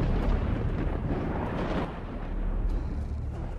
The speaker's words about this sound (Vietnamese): Mây đen kéo đến che phủ. Từng hạt mưa đã bắt đầu rơi, sấm chớp giật liên hồi như là ông trời nổi cơn thịnh nộ.